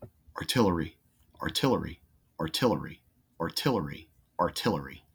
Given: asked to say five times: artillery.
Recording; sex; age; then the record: repeated word; male; 30 to 39 years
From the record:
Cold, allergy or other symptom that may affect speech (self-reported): no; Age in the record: 38 years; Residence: Georgia, United States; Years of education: 24